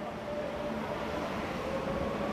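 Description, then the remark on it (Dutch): A metro train pulls away from the platform with a steady, broad rumble and rolling noise, a faint tonal whine drifting over it, no voices present. “Ah, nu stappen ze in de metro. En weg zijn ze.”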